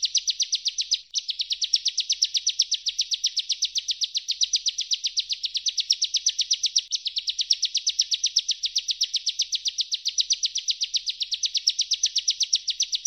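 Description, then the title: Bar-winged prinia pouring out a long, continuous run of shrill, evenly spaced rapid chips, with only one brief break near the start. Ngebren style of continuous singing, used for training songbirds. "Master Burung Jos. Ciblek_ngebren"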